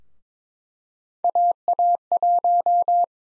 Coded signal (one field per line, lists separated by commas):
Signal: Morse code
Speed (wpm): 22 wpm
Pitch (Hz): 700 Hz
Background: none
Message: AA1